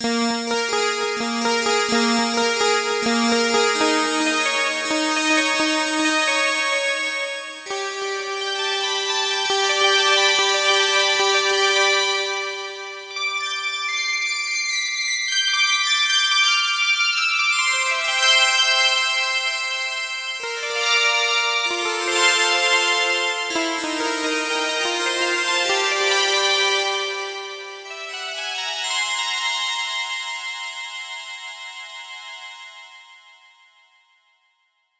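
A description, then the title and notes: Glass twinkle synth plays bright, bell-like tones that ring out and overlap, shimmering with a high sparkle. Notes shift in pitch in loose phrases, with a few quieter pauses around 13 and 18 seconds, before the sound fades away over the last several seconds. Glass Twinkle Synth. Recorded at 24 and 16 bit wav.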